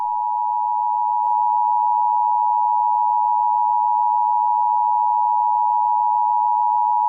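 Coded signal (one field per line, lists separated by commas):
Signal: Emergency Alert System (SAME) tones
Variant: 853 and 960 Hz attention tone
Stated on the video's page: Fictional EAS scenario; events not real.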